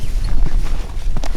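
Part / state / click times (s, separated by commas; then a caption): extendable bracket on an ice shelter frame / not seated / none. The small extendable metal bracket on the frame of an Eskimo Grizzly flip-over ice shelter is handled as the frame is lifted, producing low rumbling and rustling handling noise with a couple of brief sharp ticks near 1.2 seconds. Nothing has clicked or seated into place yet.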